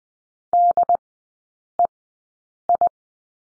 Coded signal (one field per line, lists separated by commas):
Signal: Morse code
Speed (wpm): 20 wpm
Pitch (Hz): 700 Hz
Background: none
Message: DEI